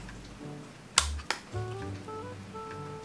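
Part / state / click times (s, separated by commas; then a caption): gimbal protector clamp onto drone gimbal / seated / 1.0 s. A plastic gimbal protector clamp is lowered straight onto the camera gimbal of a DJI Mavic Air drone and pressed down, clicking sharply into place at 1.0 s, with a second, softer click at 1.3 s. Music plays throughout. The clamp is seated on the gimbal.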